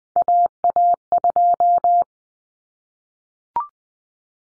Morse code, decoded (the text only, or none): AA2